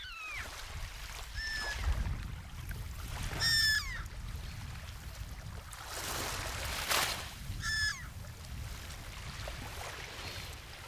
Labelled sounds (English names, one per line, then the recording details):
Black-headed Gull call
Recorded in the wild
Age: diverse
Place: Stubbenfelde, Insel Usedom, Mecklenburg-Vorpommern, DE
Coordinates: 54.0286, 14.0319
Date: 1983-09-16 17:30
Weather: overcast, 17°C
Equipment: Nagra SN, Sennheiser MKH 416T (Automatik), Kopie Uher 4000 Report Monitor
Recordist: Tembrock, Günter